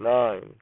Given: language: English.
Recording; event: throat vibration sensor signal played as sound; speech